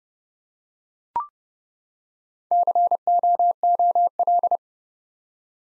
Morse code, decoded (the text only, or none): COOL